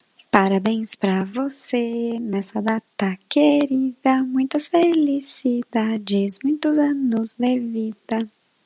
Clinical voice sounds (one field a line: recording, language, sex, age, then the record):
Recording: short text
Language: Brazilian Portuguese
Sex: female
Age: 20 to 29 years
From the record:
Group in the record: control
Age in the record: 29 years